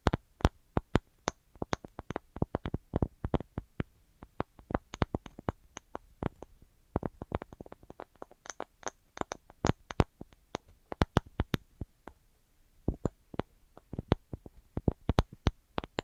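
ASMR tapping: dense, irregular bursts of sharp, crisp taps with quick clustered runs, brief pauses around twelve seconds, then tapping resumes.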